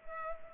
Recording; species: mosquito wingbeat signal from an infrared sensor; Culex pipiens